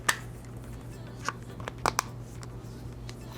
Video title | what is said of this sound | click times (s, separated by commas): Samsung Galaxy S23 Ultra - BEST CASES Available! (Part 1) | pretty simple process here to snap the plastic frame onto the front | 0.1 s, 2.0 s